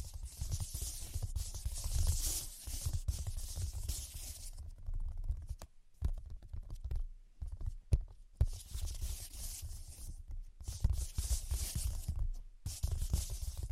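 Dense tapping and scratching with deep thumps, pausing into quieter sparse taps midway before the busy bright tapping returns near ten seconds.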